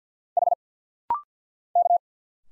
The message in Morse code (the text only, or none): H K